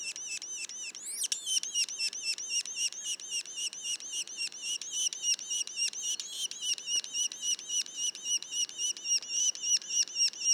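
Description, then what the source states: Yellow-bellied sapsucker juveniles chattering in a continuous run of high, nasal, harmonic squeaks, several each second, after a short rising squeal near the start. Juveniles, Mont-Orford National Park, Quebec.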